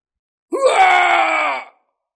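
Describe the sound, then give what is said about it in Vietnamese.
A monstrous creature, an ancestor king, shouts loudly as it thrusts its claws forward: a single loud, drawn-out roar lasting just over a second, harsh and rasping with a strained, growling tone that starts abruptly and cuts off sharply. “Tổ vương kia hét to, móng vuốt vươn tới trước”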